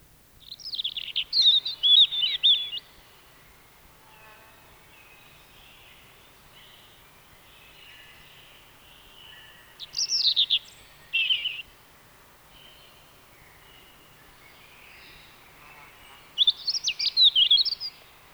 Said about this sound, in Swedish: Det var rödhake